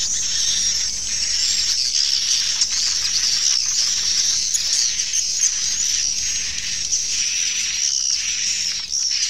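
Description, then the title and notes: Swiftlets giving a steady wash of high, thin twitters and chirps that never pause. Swiftlet sound used in swiftlet bird farming in Asia. "Swiflet Bird Sound. Farming Swiflet Bird asia sound"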